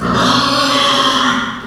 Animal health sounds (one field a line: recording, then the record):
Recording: squeal of a Yucatan mini pig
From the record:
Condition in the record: after surgery on the right vocal fold (resection and tissue-engineered implant)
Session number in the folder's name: 15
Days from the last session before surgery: 175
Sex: female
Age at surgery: 19 weeks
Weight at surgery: 25 kg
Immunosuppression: prednisolone